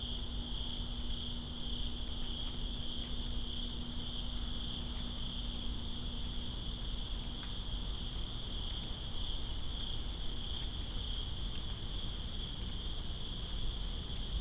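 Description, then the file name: Unbroken high cricket trilling fills the whole stretch, layered over the soft rush of falling rain and a faint low hum. Crickets recorded in rain, Greensboro, 2 September 2017. "Greensboro Crickets And Rain-2017-09-02"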